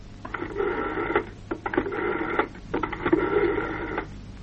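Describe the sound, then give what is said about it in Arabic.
Someone dials a rotary telephone to call a police officer. Short runs of rapid mechanical clicks alternate with three steady buzzing rings of about a second each, moderately loud with no voices. “يلا اضرب له تليفون.”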